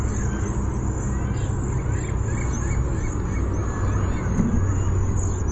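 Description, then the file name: Cedar waxwing producing near-continuous very high, thin buzzy notes with slight trilled wavering, over a heavy low rumble. Bzee-seee call type. "CEDW bzee seee"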